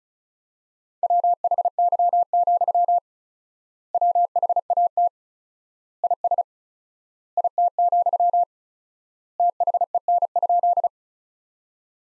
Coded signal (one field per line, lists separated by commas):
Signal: Morse code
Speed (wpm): 36 wpm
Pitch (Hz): 700 Hz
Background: none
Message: WHY, WHAT IS IT, THEN?